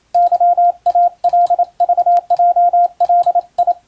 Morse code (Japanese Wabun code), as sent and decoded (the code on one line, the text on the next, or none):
-.-- .- .-.. ...- .--- .-.. ..
ケイカクヲガ